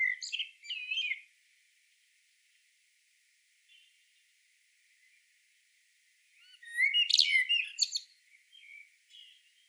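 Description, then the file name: Common blackbird song: two phrases, each a fluted warble that breaks into high, squeaky twittering, separated by about five seconds of near silence. "Turdus merula"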